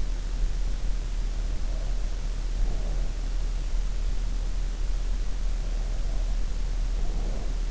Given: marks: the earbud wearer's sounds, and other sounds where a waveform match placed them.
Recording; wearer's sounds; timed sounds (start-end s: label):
sounds in sleep by an in-ear microphone; breath
1.51-3.32 s: breath
5.61-7.70 s: breath